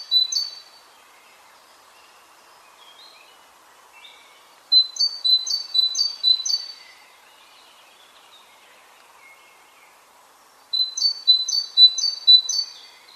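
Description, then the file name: Great tit singing bursts of four quick high-low note pairs, the first cut short at the start, with scattered softer chirps in the pauses. "Parus major"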